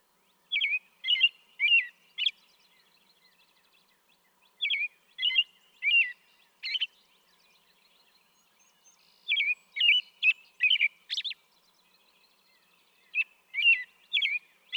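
American robin song with repeated groups of four to five whistled, slurred phrases, separated by short gaps.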